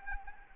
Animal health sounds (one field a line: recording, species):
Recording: mosquito wingbeat signal from an infrared sensor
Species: Anopheles arabiensis